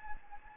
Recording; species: mosquito wingbeat signal from an infrared sensor; Anopheles gambiae